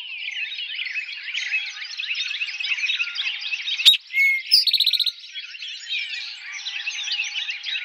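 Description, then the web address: Eastern towhee gives one phrase: an abrupt introductory note, a short whistle, then a rapid repeated buzzy trill, over a thick twittering chorus throughout. Recorded on 4 January 2007. "Eastern Towhee 2007 01 04"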